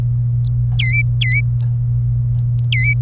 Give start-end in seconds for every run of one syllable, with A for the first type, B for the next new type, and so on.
0.79-1.41 A, 2.72-2.94 A